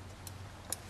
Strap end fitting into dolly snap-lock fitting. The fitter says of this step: it just clicks right into the dolly with the E fitting